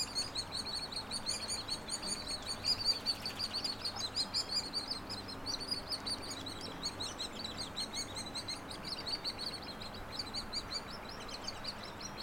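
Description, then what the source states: Hairy woodpecker calls: dense high, buzzy chattering notes repeated nearly three times a second, some louder bursts early on, over a low steady background hum. Nestlings and adults; no-name trail across from Frazer Point, Schoodic division, Acadia National Park; 26 June 2017, morning; Fostex FR2 with Sennheiser ME64; trimmed, leveled, high-pass filtered.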